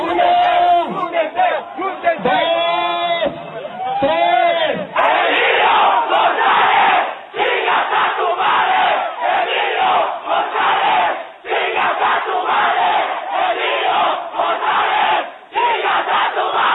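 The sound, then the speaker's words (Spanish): About 5,000 people in Jalisco, Mexico, shout an insult at governor Emilio González in loud, rhythmic unison for a Guinness record attempt measured above 122 decibels, repeating the chant several times with brief pauses; the opening seconds carry wavering, sing-song chanting before the roaring chorus takes over. “Y hay 5.000 personas gritando al unísono, pero durante tres oportunidades, Emilio González, chingas a tu madre, y había un señor, porque ellos van a auditar, de Guinness, con un medidor que medía la intensidad del sonido, los decibeles”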